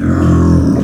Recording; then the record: squeal of a Yucatan mini pig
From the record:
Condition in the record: after surgery on the right vocal fold (resection and tissue-engineered implant); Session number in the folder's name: 9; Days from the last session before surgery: 65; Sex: female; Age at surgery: 19 weeks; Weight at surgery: 25 kg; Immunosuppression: prednisolone